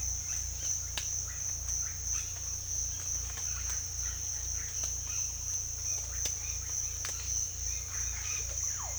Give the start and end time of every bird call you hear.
[0.14, 0.93] bird call
[1.23, 1.47] bird call
[1.82, 2.28] bird call
[2.89, 5.27] bird call
[5.88, 8.95] bird call

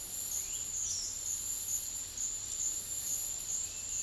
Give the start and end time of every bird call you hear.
[0.37, 1.11] bird call

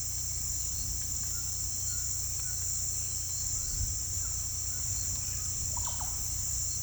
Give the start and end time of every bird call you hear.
[5.58, 6.08] bird call

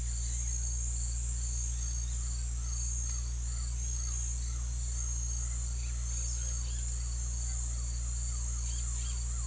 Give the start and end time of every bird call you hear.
[2.30, 9.46] bird call

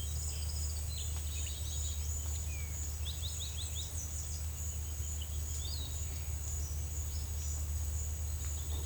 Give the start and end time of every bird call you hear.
[0.00, 2.03] bird call
[2.29, 3.90] bird call
[4.80, 6.05] bird call

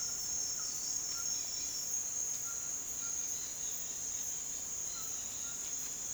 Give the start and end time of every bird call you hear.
[0.00, 6.14] bird call

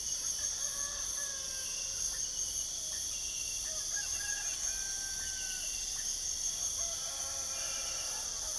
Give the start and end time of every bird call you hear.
[0.37, 1.95] bird call
[3.58, 5.64] bird call
[6.78, 8.58] bird call

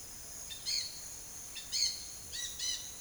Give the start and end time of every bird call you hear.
[0.51, 2.87] bird call

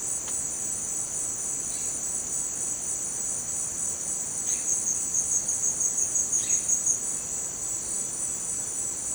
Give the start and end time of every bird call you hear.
[1.62, 1.90] bird call
[4.37, 4.70] bird call
[6.28, 6.56] bird call

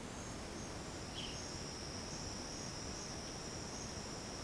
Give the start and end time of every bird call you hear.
[0.96, 1.46] bird call

